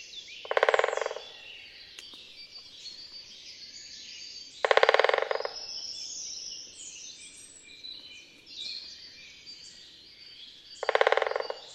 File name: Pic epeiche